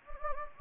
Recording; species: mosquito wingbeat signal from an infrared sensor; Anopheles gambiae